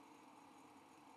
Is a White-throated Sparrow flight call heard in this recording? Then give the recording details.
no. No flight call is heard. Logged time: 08:14 on 5 December 2014